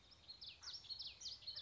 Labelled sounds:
Common Yellowthroat
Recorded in Sonoma County, California

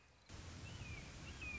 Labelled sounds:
Red-shouldered Hawk
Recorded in Sonoma County, California

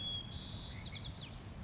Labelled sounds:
White-crowned Sparrow
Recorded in Sonoma County, California

